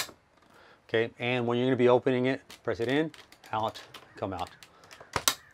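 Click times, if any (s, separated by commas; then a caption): 5.3 s. A woman talks while closing an RV refrigerator door, and its travel latch clicks shut into the fridge frame with a sharp click at 5.3 s, after a few faint knocks just before. The door is fully closed and latched.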